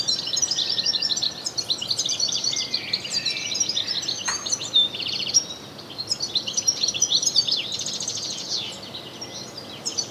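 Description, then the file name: European goldfinch song, a lively jumble of high twittered notes and buzzy trills, with a short pause then renewed chattering. "Carduelis carduelis"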